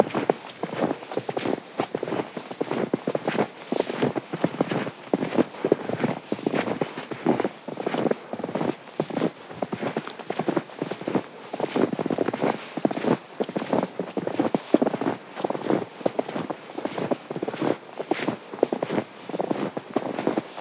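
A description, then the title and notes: Footsteps crunch steadily along a snowy woodland trail, a dense, regular stream of short impacts through all twenty-one seconds. The crunching sits mid-to-low in tone, with a faint airy hiss of the open woods behind it. A Winter Walk Among the Trees (White Pine Valley Red Loop). The sounds of nature coming to life on this snowy trail in the woods.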